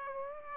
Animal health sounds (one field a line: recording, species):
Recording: mosquito wingbeat signal from an infrared sensor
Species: Aedes aegypti